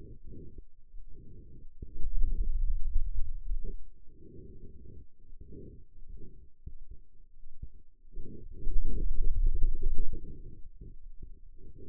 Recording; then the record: forearm muscle sounds (acoustic myography)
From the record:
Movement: hand opening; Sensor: system 2, bracelet of six BSWA MPA416 microphones around the upper forearm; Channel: 5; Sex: male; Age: 22 years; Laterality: right